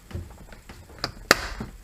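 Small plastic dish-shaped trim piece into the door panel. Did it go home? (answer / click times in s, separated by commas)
yes / 1.3 s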